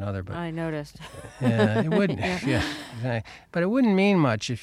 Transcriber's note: laughter